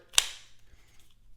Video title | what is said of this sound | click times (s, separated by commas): TOP 10 BEST EDC FIXED BLADES - STASSA 23 EDC | nice positive click to it | 0.2 s